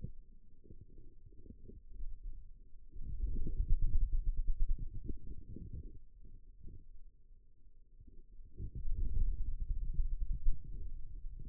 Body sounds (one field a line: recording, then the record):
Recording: forearm muscle sounds (acoustic myography)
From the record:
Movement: ulnar deviation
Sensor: system 2, bracelet of six BSWA MPA416 microphones around the upper forearm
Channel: 4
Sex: male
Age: 22 years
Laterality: right